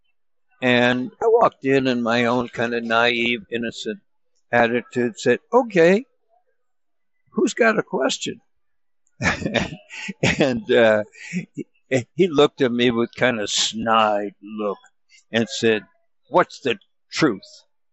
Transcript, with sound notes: and I walked in, in my own kinda naive, innocent attitude, said, "Okay.
Who's got a question?" (laughs) And, uh, h- he looked at me with kinda snide look and said, "What's the truth?"